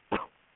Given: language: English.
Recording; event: throat vibration sensor signal played as sound; cough